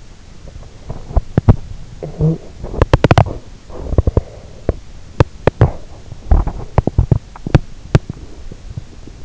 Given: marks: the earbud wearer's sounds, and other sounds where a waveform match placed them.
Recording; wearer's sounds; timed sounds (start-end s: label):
sounds in sleep by an in-ear microphone; teeth grinding, talking in sleep
0.33-9.25 s: teeth grinding
1.82-2.85 s: talking in sleep